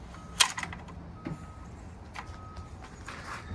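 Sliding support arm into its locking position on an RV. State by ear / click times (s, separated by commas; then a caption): seated / 0.4 s. A support arm on a Jayco Greyhawk RV is slid all the way up into its locking position, and a sharp latch click sounds at 0.4 s, followed by a few smaller rattling clicks. Fainter knocks come later over a low background hum. The arm is seated and locked in place.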